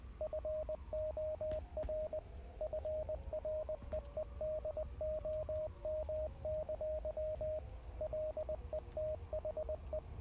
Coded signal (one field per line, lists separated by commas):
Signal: Morse code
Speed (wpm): 20 wpm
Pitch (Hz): 620 Hz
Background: radio noise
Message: FOR FREEDOM! LET HE